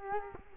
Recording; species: mosquito wingbeat signal from an infrared sensor; Culex quinquefasciatus